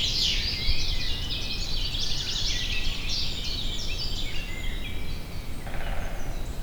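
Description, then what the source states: Common chaffinch song, a bright rapid phrase of high notes over strong low background noise. Recorded 19 May 2013.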